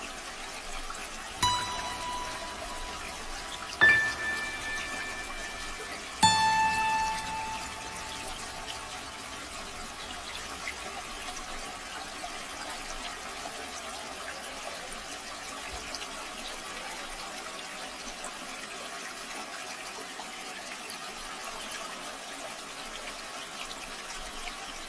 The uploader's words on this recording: Running Water Soft Relaxation Sounds White Noise. The gentle and continuous flow of running water.